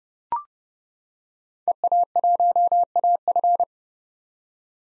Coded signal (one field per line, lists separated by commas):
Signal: Morse code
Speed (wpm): 32 wpm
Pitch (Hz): 700 Hz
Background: none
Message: EA1AF